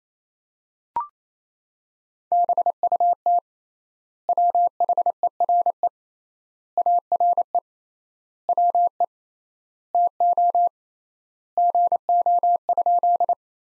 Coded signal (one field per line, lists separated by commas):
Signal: Morse code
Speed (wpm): 27 wpm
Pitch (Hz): 700 Hz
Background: none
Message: BUT WHERE ARE WE TO GO?